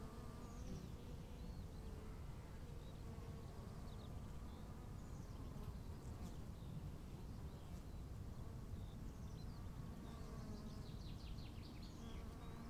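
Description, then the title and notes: Bee buzzing as a constant droning hum, with scattered high bird chirps and twitters and a rumbling wind underneath. Bees at 15:15 on a field path to the Bruder-Klaus chapel in Wachendorf, with birds, wind and quiet. "wachendorf, feldweg. 15:15 feldweg zur bruder-klaus-kapelle, bienen, vögel, wind, stille"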